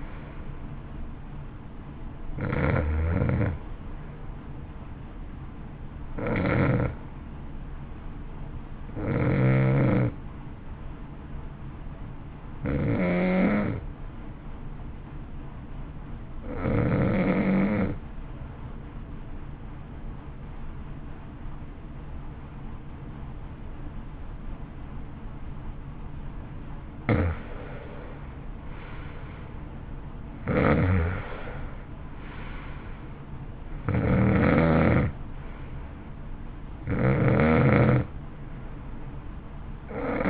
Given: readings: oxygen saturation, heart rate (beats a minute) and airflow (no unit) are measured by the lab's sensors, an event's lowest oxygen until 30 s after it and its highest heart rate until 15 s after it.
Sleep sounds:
breathing in sleep by a smartphone at the bedside; 1
11.00-26.60 s: hypopnea (N1, oxygen 95% highest, then 86% lowest, heart rate 53 at the start, 61 highest)
16.00-40.30 s: new sleep stage, N2 (light sleep)
From the record:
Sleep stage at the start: N1 (lightest sleep); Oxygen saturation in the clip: 88 to 95%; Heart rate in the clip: 53 to 61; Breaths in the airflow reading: 9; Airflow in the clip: -13.9 to 13.3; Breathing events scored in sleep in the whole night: 328 in 6.3 hours asleep

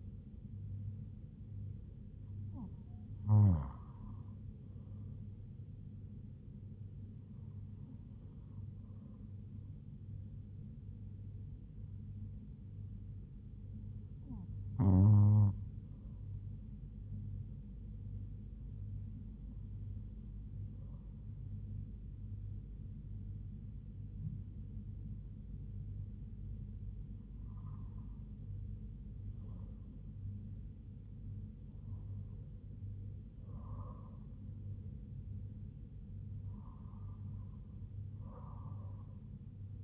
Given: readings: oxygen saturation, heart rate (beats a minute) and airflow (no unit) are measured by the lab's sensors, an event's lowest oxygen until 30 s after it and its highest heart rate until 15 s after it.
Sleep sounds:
breathing in sleep by a smartphone at the bedside; 1
13.00-28.30 s: hypopnea (N1, oxygen 96% highest, then 95% lowest, heart rate 74 at the start, 82 highest)
From the record:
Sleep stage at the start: N1 (lightest sleep); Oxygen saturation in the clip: 95 to 96%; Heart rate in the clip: 69 to 82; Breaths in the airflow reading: 9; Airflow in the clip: -4.6 to 4.3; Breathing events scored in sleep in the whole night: 158 in 7.3 hours asleep

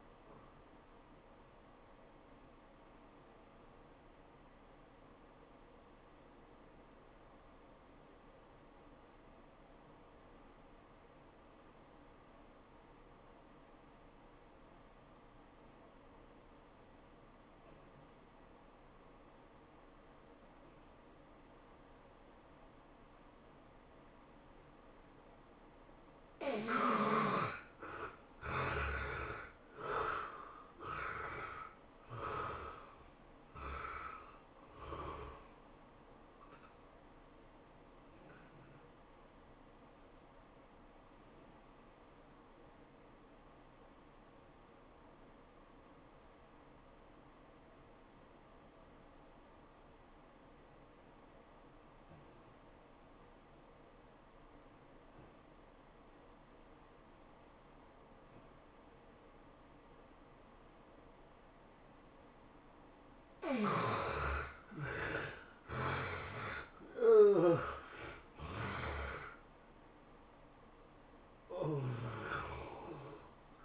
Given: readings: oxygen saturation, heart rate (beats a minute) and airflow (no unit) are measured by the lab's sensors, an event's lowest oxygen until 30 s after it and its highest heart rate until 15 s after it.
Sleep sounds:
breathing in sleep by a voice recorder at the bedside; 2
4.00-27.00 s: obstructive apnea (N1, oxygen 93% highest, then 73% lowest, heart rate 88 at the start, 105 highest)
40.00-64.40 s: obstructive apnea (N1, oxygen 96% highest, then 73% lowest, heart rate 99 at the start, 107 highest)
From the record:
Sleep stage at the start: N1 (lightest sleep); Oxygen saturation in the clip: 72 to 96%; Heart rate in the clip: 80 to 108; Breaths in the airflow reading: 8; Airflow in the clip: -15.6 to 16.7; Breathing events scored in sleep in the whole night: 403 in 5.5 hours asleep

